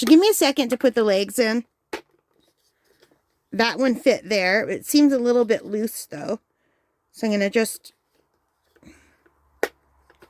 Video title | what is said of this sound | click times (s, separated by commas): Amazon Unboxing Opening/ New Sentro 22 Pin Knitting Machine #amazonunboxing #sentroknittingmachine | you have to wait till you hear the snap if you don't hear the snap it's not in | 9.6 s